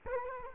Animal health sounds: mosquito wingbeat signal from an infrared sensor; Culex quinquefasciatus

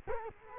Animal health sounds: mosquito wingbeat signal from an infrared sensor; Culex quinquefasciatus

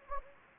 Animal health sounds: mosquito wingbeat signal from an infrared sensor; Anopheles gambiae

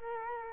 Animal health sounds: mosquito wingbeat signal from an infrared sensor; Culex quinquefasciatus

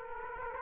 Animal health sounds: mosquito wingbeat signal from an infrared sensor; Aedes aegypti

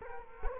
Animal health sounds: mosquito wingbeat signal from an infrared sensor; Culex quinquefasciatus

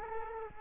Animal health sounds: mosquito wingbeat signal from an infrared sensor; Culex quinquefasciatus

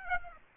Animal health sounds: mosquito wingbeat signal from an infrared sensor; Aedes aegypti

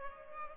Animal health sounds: mosquito wingbeat signal from an infrared sensor; Culex pipiens

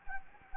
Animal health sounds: mosquito wingbeat signal from an infrared sensor; Anopheles gambiae

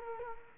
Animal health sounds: mosquito wingbeat signal from an infrared sensor; Culex quinquefasciatus

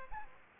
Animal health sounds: mosquito wingbeat signal from an infrared sensor; Aedes aegypti

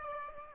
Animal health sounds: mosquito wingbeat signal from an infrared sensor; Aedes aegypti

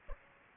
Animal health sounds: mosquito wingbeat signal from an infrared sensor; Aedes aegypti

